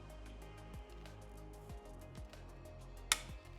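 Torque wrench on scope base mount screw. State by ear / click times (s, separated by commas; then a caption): torque reached / 3.1 s. A torque wrench tightens the front scope base mount screw on a CZ457 rifle, with music playing steadily underneath. At 3.1 s a sharp, loud click shows the wrench has reached its torque setting.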